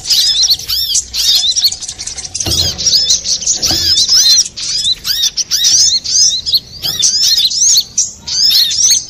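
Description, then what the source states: Little spiderhunter song: a continuous high jumble of quick chirps and twitters, rhythmic and crowded, with faint low thuds now and then. Master recording for training cage birds.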